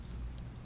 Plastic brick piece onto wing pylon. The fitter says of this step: one pops right there